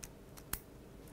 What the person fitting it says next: and you'll just hear a click as it goes into place